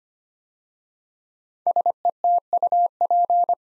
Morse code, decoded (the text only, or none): SETUP